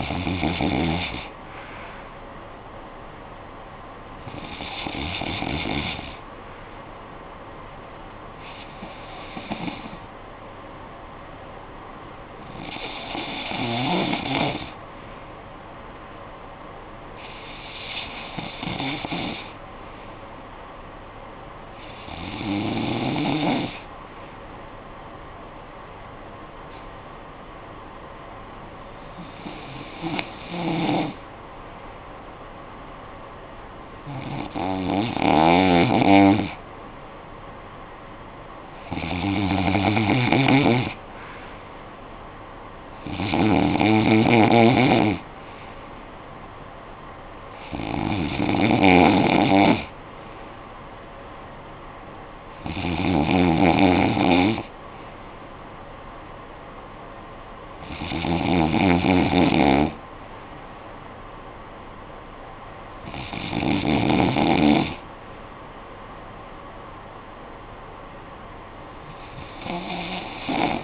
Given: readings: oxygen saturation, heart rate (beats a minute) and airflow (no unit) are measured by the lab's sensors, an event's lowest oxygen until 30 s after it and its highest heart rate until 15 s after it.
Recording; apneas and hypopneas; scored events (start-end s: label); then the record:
breathing in sleep by a voice recorder at the bedside; none
none scored
From the record:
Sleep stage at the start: N2 (light sleep); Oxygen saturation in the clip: 92 to 95%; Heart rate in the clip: 54 to 63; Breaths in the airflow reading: 15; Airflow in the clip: -12.1 to 5.9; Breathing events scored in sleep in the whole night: 445 in 7.6 hours asleep